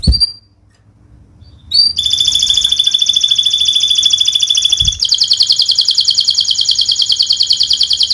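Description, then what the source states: Canary song: a brief high note, then from two seconds a fast, continuous rolling trill of high buzzy pulses that shifts to a brighter, quicker trill around five seconds. Lively, actively singing canary (gacor) in Indonesian songbird-keeping style, with the best cengkok phrasing and most lavish isian fill phrases.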